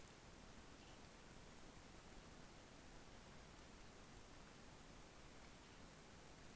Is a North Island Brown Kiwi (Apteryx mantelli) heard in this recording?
no